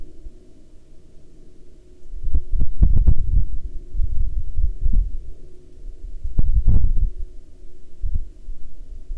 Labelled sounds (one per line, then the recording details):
wind
aircraft
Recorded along the Dalton Highway, Alaska, on 15 October 2019 at 13:24
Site 07